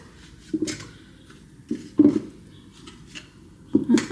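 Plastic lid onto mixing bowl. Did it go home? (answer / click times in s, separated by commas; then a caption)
no / none. A so-called snap-in plastic lid is pressed onto a kitchen mixing bowl, with soft dish-like plastic knocks around 0.6, 2.0, 2.9, 3.2, 3.8 and 4.0 seconds. The lid only presses in without snapping, so nothing has seated or clicked yet.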